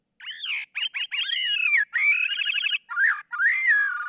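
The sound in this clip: Gray-cheeked thrush song: nasal, slurred phrases with rising then falling notes, broken by short gaps, ending in a gently descending slur.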